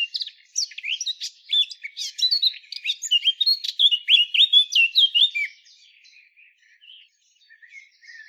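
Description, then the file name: Eurasian blackcap song, a rapid, varied warble of chattering and sweet whistled notes for about five seconds, then faint scattered notes. "Sylvia atricapilla"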